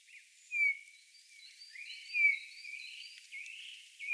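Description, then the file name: Eurasian bullfinch calls: soft, thin whistled notes, two clearer ones near the start and middle, with fainter piping tones between over quiet background hiss. "Pyrrhula pyrrhula"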